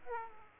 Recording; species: mosquito wingbeat signal from an infrared sensor; Aedes aegypti